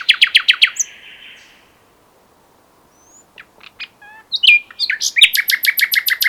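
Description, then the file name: Common nightingale song: a fast run of loud repeated notes, a buzzy trill, a pause, then scattered whistles before another rapid series of repeated notes. "Luscinia megarhynchos"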